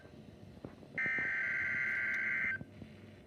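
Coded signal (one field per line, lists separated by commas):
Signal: Emergency Alert System (SAME) tones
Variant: header bursts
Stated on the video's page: Severe thunderstorm watch received on a weather radio.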